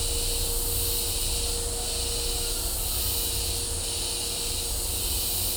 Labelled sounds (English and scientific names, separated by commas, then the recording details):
none
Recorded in dense forest near Puerto Asís, Putumayo, Colombia, on 18 December 2024 at 12:00
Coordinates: 0.503, -76.323
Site G043